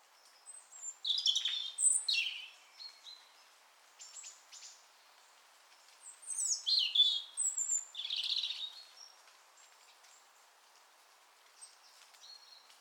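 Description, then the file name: European robin singing several scattered phrases of thin whistles and warbles, separated by gaps. "Erithacus rubecula"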